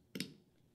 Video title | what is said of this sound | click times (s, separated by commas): Consumer LiDAR Explorer Edition & Starter Kit Setup | it will obviously line up four mounting holes below and that'll just click right into place pretty easily a nice tactile snap to it | 0.1 s, 0.2 s